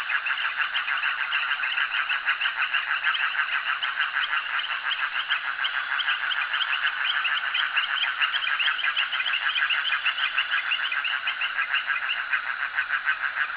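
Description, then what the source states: Frogs in a continuous, thick chorus, many overlapping pulsed calls repeating fast and evenly from start to finish, nothing else standing out. Frogs calling at a jetty.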